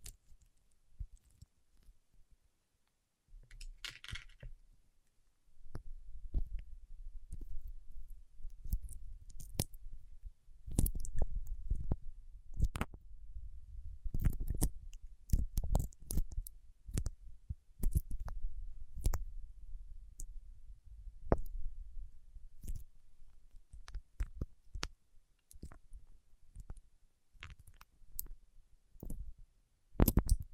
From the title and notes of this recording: ASMR with Wax Fingertips for Sleep (No Talking).